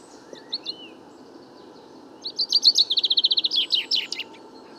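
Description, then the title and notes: Common chaffinch song: a few soft opening notes and a rising whistle, then one loud, rapid trill of repeated notes lasting about two seconds. Bois de Vincennes, France, 16 February 2019; first song of the year; fine weather; song confused, weaker than typical, small babbles; courtship song towards nearby females; Nagra Seven, Wiltronic parabola, mono. "Premier Pinson des arbres 2019. Bois de Vincennes - 16 février 2019-Nagra seven - Parabole Wiltronic mono: mon premier chant de Pinson des arbres (Fringilla coelebs) enregistré en 2019"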